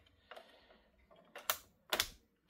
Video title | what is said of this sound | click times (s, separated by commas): How to FIX Dell Optiplex No Display & Blinking Amber Power Light | Heard the click noise means it's connected properly. | 1.5 s, 1.9 s